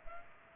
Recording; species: mosquito wingbeat signal from an infrared sensor; Culex pipiens